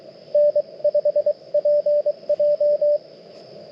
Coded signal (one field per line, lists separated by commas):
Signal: Morse code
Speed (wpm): 20 wpm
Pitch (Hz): 610 Hz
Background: radio noise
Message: N5PJ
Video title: Mountain Topper POTA Activation - 6/8/23 @ K-3684